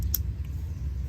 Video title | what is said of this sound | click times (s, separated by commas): How To Hack P0420 Code And Turn Of The Check Engine Light - Bad Catalytic Converter Bypass #dodge | you hear that snap that means it's back on there | 0.1 s